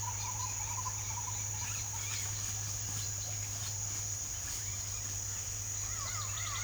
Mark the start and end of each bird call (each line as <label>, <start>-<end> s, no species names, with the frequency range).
bird call (0.5-5.5 kHz), 0.00-4.94 s
bird call (0.7-4.9 kHz), 5.82-6.64 s